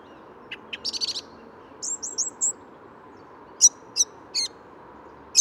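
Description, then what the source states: Song thrush singing distinct phrases: a few short notes and a rapid buzzy burst, then four clear whistled notes, then sharp emphatic notes repeated four times, with a soft traffic hum behind. Morning between 8 and 10:30 on 14 February 2019, edge of the Bois de Vincennes near a road; perched about twenty metres up in what looked like an ash; sunny spring-like weather; Nagra recorder, Telinga parabolic dish.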